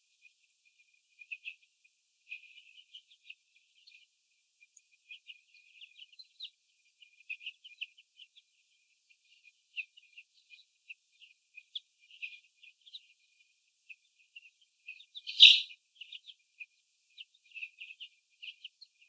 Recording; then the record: young laying hens in a cage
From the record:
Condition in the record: after the stressor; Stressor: sudden umbrella opening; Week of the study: 3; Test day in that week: 2